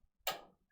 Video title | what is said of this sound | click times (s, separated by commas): Rotary Hook Maintenance (Advanced Interface) | hear it click into place that's what I want to hear I want to know that it's all the way in | 0.3 s